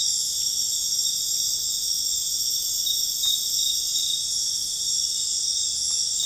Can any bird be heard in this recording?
no